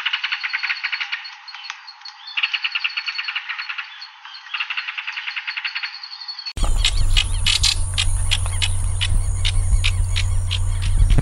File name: Canto do martim pescador da mata